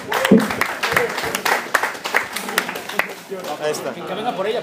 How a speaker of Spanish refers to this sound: Va, exacto. Un aplauso.